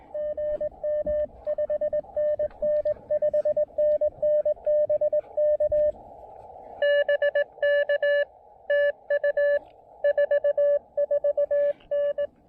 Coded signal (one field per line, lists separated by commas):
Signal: Morse code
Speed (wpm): 19 wpm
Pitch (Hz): 590 Hz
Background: radio noise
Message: GM 5NN 5NN BK BK TU 44N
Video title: Mount Pisgah: SOTA from an Observation Deck Rail and an Improvised Wire Antenna Deployment!